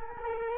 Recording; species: mosquito wingbeat signal from an infrared sensor; Culex quinquefasciatus